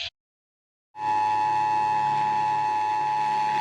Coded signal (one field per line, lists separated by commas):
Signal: Emergency Alert System (SAME) tones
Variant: 853 and 960 Hz attention tone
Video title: I reversed eas alarms part 4!